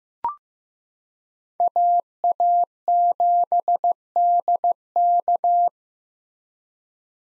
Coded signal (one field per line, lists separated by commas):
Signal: Morse code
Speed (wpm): 15 wpm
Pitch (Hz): 700 Hz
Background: none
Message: AA7DK